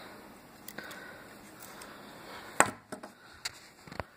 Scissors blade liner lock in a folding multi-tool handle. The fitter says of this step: now finally when the liner lock does pop in the place and pull them the scissors up